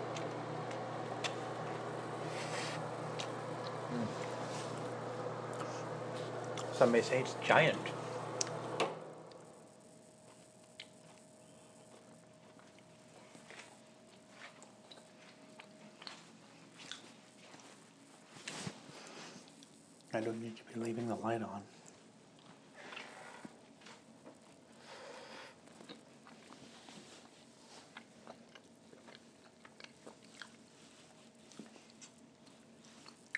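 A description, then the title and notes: Someone eats a giant cookie: a steady low hum for nine seconds, then quiet with scattered crunchy bites and chewing, clustered around twenty seconds. Eating a giant cookie.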